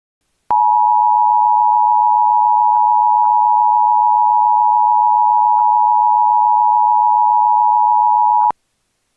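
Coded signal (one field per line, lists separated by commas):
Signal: Emergency Alert System (SAME) tones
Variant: 853 and 960 Hz attention tone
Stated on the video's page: Fictional EAS scenario set in 2050, a weather and natural-disaster movie.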